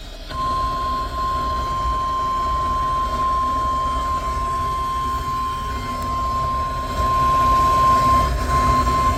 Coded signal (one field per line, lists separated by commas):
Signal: Emergency Alert System (SAME) tones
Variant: 1050 Hz attention tone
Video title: Severe Thunderstorm Warning (7/7/23)(EAS #1,175)